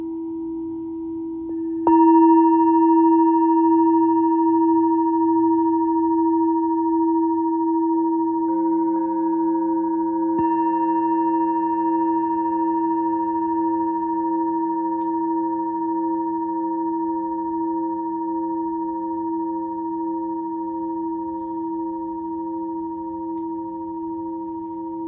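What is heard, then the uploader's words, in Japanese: A singing bowl is struck about two seconds in, jumping in loudness, then rings on with a steady, pure hum that fades only slowly over the remaining time. Several clear tones sound together, a low one strongest, with a faint higher ping joining near eight and ten seconds. メキシコから シンギングボウルのサウンドヒーリング。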